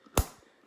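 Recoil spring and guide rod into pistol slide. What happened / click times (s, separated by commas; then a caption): The spring assembly snapped back into place / 0.2 s. The recoil spring and guide rod of a Kel-Tec PMR-30 pistol are pressed back down into the slide during reassembly. A single sharp click with a low thud lands at 0.2 s and fades out quickly. The assembly pops back into place and the pistol is reassembled.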